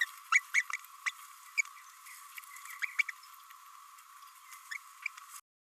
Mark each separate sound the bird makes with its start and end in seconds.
0.01-0.06, 0.32-0.42, 0.54-0.66, 1.06-1.12, 1.58-1.61, 2.98-3.03, 4.71-4.78